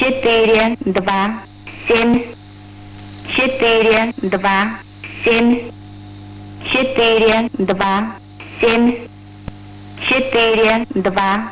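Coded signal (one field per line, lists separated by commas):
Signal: numbers station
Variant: S06s, Russian female voice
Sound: a female voice reading short words in evenly spaced groups with regular pauses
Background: radio hiss and hum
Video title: 06 07 2021 Number station S06s Russian Lady in Russian to Eu 0730 on 7365 unknown tx site in CUSB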